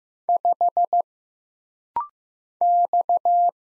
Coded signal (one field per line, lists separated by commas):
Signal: Morse code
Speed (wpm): 15 wpm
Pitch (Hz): 700 Hz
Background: none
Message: 5 X